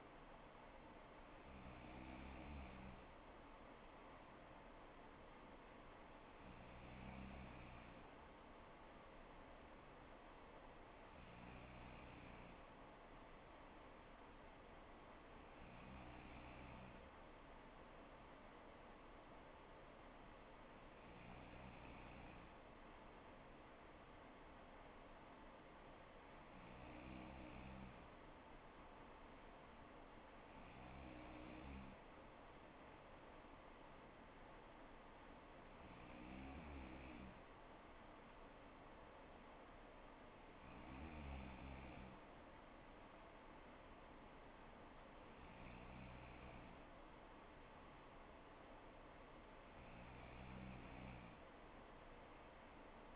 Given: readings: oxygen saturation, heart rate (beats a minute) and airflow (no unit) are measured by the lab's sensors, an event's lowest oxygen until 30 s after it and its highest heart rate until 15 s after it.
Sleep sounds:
breathing in sleep by a voice recorder at the bedside; none
41.00-53.16 s: new sleep stage, N2 (light sleep)
From the record:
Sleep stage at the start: N3 (deep sleep); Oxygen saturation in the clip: 94 to 95%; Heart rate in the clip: 61 to 65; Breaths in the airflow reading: 11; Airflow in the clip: -3.8 to 3.0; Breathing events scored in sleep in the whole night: 79 in 6.3 hours asleep

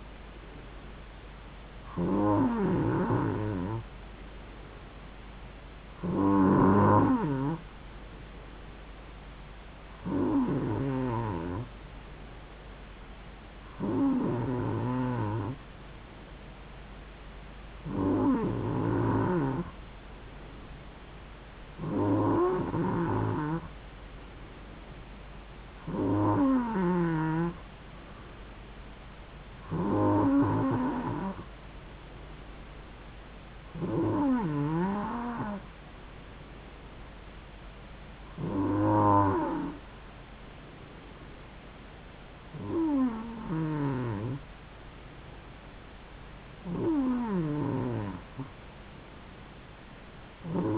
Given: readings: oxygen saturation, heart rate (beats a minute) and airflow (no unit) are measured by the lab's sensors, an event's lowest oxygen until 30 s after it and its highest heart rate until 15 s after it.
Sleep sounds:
breathing in sleep by a voice recorder at the bedside; none
none scored
From the record:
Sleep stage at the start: N2 (light sleep); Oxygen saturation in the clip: 92 to 93%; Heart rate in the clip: 66 to 71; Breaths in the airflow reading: 13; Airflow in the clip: -3.4 to 2.9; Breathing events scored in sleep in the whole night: 270 in 6.1 hours asleep

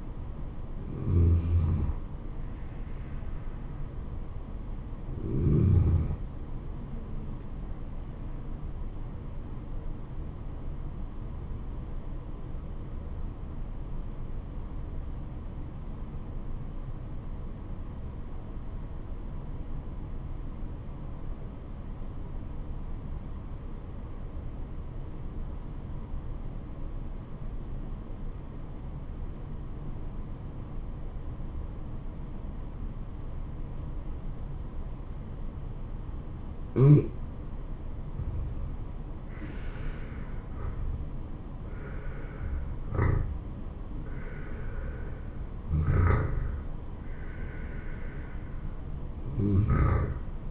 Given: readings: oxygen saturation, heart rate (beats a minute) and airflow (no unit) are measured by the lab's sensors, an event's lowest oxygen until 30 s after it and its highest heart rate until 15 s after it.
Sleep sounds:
breathing in sleep by a smartphone at the bedside; 1
12.00-39.40 s: obstructive apnea (N1, oxygen 96% highest, then 81% lowest, heart rate 72 at the start, 76 highest)
22.00-50.51 s: new sleep stage, N2 (light sleep)
From the record:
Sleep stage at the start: N1 (lightest sleep); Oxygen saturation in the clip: 79 to 96%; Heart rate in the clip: 66 to 76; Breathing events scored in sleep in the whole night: 426 in 7.4 hours asleep

